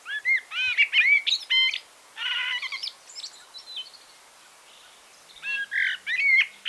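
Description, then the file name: Common blackbird giving varied warbled phrases, mostly fluty notes with twittering flourishes, in bursts at the start, middle and end, separated by short pauses. "Turdus merula"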